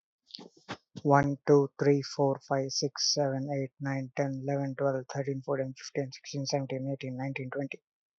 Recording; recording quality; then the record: counting at a fast pace; excellent, no background noise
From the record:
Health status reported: healthy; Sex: male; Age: 23 years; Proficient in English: yes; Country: India